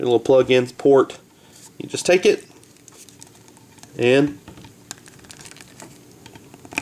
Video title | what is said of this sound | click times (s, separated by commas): Masters of the Universe Classics Flutterina Video Review | give them a push till you hear that little click and the wings in place on that side | 6.8 s